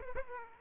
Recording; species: mosquito wingbeat signal from an infrared sensor; Aedes aegypti